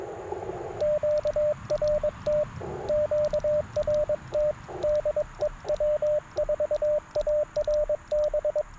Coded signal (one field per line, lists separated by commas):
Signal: Morse code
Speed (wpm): 22 wpm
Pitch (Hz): 600 Hz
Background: radio noise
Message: QRT QRT DE W4ARB